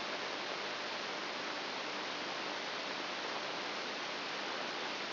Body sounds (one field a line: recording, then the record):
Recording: brain microelectrode recording played as sound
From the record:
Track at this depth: outside the subthalamic nucleus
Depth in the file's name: 1.041 mm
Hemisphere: left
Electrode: 2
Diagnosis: Parkinson's disease